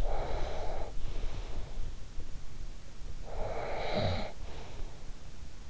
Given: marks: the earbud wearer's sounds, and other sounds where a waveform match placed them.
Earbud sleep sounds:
sounds in sleep by an in-ear microphone; breath, snoring breath
0.03-1.82 s: breath
3.15-5.10 s: snoring breath

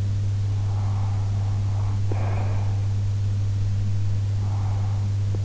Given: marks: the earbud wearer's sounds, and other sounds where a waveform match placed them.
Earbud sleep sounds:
sounds in sleep by an in-ear microphone; breath
0.62-2.86 s: breath
4.46-5.07 s: breath

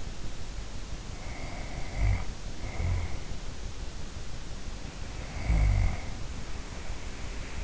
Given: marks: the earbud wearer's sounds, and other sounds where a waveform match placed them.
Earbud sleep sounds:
sounds in sleep by an in-ear microphone; snoring breath
1.07-3.46 s: snoring breath
5.08-7.63 s: snoring breath

